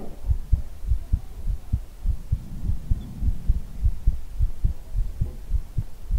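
A close, muffled, low-pitched adult heartbeat, as heard with the head hugged against the chest in an ASMR setting.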